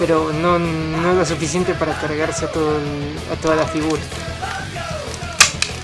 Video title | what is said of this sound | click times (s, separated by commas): Robo Racer Megazord [Bandai 1997] - Power Rangers Turbo [Review] | está escucharon ese click miren se ve que se separó una de las | 5.4 s